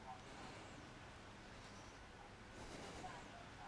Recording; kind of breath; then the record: one breath in and out by a microphone near the nose and mouth; deep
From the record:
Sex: male